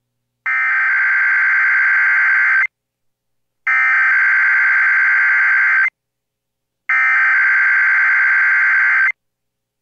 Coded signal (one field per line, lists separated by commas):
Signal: Emergency Alert System (SAME) tones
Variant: header bursts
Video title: EAS Required Monthly Test Northwestern Michigan and Shore of Lake Michigan (October 2021)